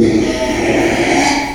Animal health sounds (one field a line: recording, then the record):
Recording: squeal of a Yucatan mini pig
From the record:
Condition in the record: after surgery on the right vocal fold (resection and tissue-engineered implant)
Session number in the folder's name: 2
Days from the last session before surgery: 13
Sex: male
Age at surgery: 12 weeks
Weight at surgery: 13 kg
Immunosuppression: cyclosporine, prednisolone